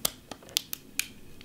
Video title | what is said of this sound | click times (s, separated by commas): DJI Action: Tech Review & Unboxing | battery just slides into the bottom of the action and clicks into place | 0.1 s, 0.6 s, 1.0 s